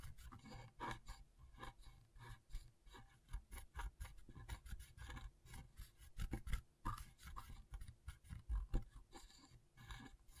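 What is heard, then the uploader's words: Scratchboard being worked with quick, uneven scraping strokes that rasp and rub across the surface. The scratches come in dense, irregular bursts throughout, each a short gritty stroke with a low, dull thump underneath and a bright, hissy edge on top. ASMR Brain Tingling Scratchboard (No Talking).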